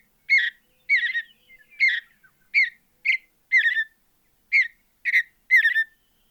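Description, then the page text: Mountain bluebird sings short, soft, slightly buzzy warbled phrases, repeated roughly every half second to second in a steady series. "Andrew Spencer - Голубая сиалия (Sialia currucoides)"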